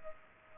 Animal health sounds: mosquito wingbeat signal from an infrared sensor; Aedes aegypti

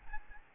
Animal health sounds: mosquito wingbeat signal from an infrared sensor; Aedes albopictus

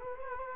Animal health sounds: mosquito wingbeat signal from an infrared sensor; Culex quinquefasciatus

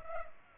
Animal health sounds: mosquito wingbeat signal from an infrared sensor; Culex pipiens

